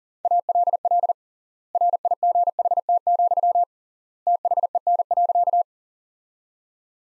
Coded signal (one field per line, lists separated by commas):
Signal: Morse code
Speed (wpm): 40 wpm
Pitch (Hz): 700 Hz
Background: none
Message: ALL RIGHT, THEN.